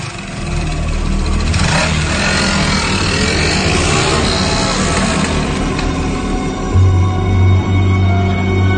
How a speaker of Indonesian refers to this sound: Akhirnya aku berangkat menggunakan sepeda motor untuk mengirimkan orderan ke apartemen itu.